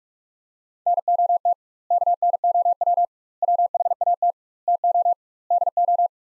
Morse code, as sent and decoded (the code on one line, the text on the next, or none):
-. --- - / -.- -. --- .-- / .-- .... .- - / - --- / -.. ---
NOT KNOW WHAT TO DO